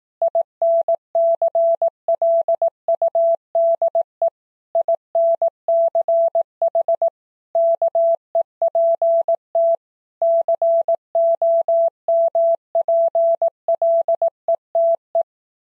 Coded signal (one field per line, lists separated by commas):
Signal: Morse code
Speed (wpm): 18 wpm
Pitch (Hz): 670 Hz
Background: none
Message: INCLUDE INCH KEPT COMPLETE